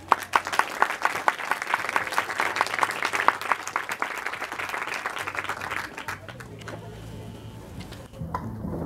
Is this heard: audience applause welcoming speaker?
yes